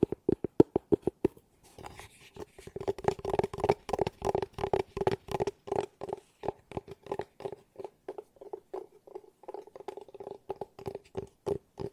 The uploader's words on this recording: ASMR Tapping No Talking Fast & Soothing for Sleep 5 Objects.